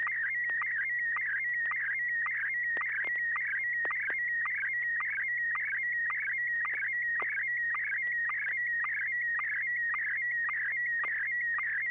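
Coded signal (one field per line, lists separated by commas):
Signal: SSTV (slow-scan television)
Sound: steady warbling whistle near two kilohertz, broken by rhythmic short lower chirps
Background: low mains hum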